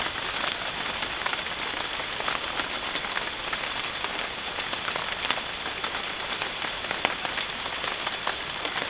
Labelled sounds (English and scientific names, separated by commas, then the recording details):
none
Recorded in pastures near Puerto Asís, Putumayo, Colombia, on 21 March 2025 at 15:30
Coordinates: 0.502, -76.324
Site GP07